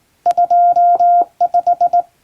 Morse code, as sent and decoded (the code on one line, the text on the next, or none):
..--- .....
25